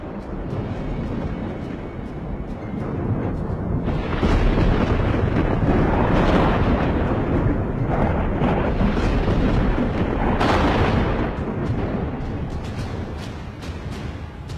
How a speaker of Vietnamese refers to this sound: Vừa dứt lời thì trên bầu trời mây đen kéo đến đùng đùng. Sấm chớp bắt đầu vang lên, những tia chớp lập lòe trong mây, trông như những con lôi xà đáng sợ.